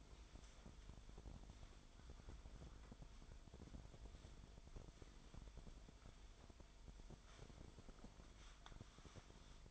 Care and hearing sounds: daily activity, microphone in the room; wipe stove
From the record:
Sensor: 5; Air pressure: 1003.4 hPa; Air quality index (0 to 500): 142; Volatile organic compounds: 2 ppm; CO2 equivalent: 1034 ppm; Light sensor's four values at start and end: 32/73/32/37 and 33/75/33/38

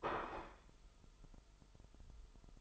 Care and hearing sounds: daily activity, microphone in the room; place plate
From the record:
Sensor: 5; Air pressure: 988.7 hPa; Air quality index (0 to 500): 236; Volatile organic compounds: 196 ppm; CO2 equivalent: 4201 ppm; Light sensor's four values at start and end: 40/125/48/52 and 40/125/48/52

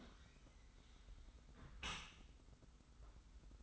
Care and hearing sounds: daily activity, microphone in the room; close dishwasher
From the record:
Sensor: 3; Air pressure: 991.3 hPa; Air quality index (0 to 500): 133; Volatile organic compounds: 205 ppm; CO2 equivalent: 4230 ppm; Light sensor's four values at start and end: 51/138/56/50 and 51/138/56/50

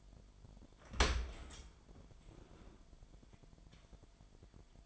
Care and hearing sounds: daily activity, microphone in the room; open dishwasher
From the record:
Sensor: 5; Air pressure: 998.4 hPa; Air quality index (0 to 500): 84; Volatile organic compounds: 1 ppm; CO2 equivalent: 955 ppm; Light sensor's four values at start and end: 20/48/20/22 and 20/48/20/22

